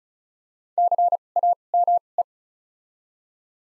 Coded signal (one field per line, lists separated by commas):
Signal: Morse code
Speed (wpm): 36 wpm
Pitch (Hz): 700 Hz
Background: none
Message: CAME